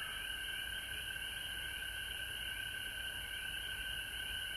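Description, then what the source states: Frogs calling in a dense chorus, steady overlapping trills in two bands, one high and one lower, running unbroken through the whole stretch with a constant hiss above. Recorded at home in Georgia on March 19, 2020.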